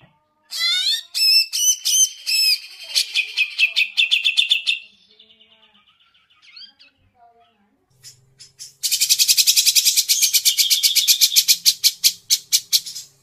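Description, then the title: Grey-cheeked bulbul song: varied whistled and sweeping notes at first, a quieter pause, then a long run of fast, buzzy, rhythmic pulses. Masteran (bird-training recording), long duration. "Cucak Jenggot Masteran"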